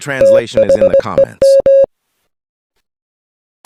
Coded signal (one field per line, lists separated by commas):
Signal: Morse code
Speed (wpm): 20 wpm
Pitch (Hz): 550 Hz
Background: speech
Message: THEM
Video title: Pretty complex morse code message audio